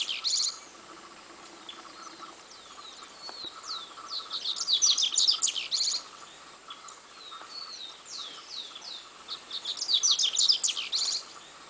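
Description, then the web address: Double-collared seedeater song: bursts of rapid, high, sharp twittering notes, loudest near four to six seconds and again near ten seconds, with softer chips between over a faint steady hum. "coleirinho. canto"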